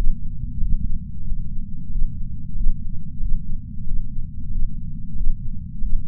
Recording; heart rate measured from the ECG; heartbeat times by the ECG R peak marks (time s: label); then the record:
heart sounds by patch sensor on the chest; 92 bpm
0.59 s: heartbeat
1.24 s: heartbeat
1.89 s: heartbeat
2.54 s: heartbeat
3.19 s: heartbeat
3.84 s: heartbeat
4.50 s: heartbeat
5.14 s: heartbeat
5.80 s: heartbeat
From the record:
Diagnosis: coronary artery disease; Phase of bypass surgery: postoperative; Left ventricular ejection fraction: 63.8%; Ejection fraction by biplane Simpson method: 63.7%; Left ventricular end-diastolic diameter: 46 mm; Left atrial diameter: 36 mm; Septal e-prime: 6 cm/s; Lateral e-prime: 8.7 cm/s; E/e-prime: 11.2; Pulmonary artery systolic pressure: 20 mmHg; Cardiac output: 4.6 L/min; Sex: male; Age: 58 years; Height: 170 cm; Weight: 80 kg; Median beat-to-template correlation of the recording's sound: 0.85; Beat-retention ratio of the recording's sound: 0.99